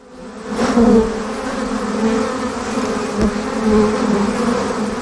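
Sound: honeybees buzzing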